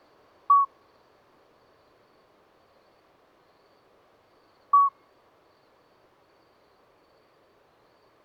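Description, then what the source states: Common midwife toad piping a short, pure whistled note about every four seconds in a still, quiet night. Two calling toads at Lesches-en-Diois, 13 May 2020, at night after two days of rain with dripping vegetation, singing until daybreak; recorded on Nagra Seven with MKH40 microphone.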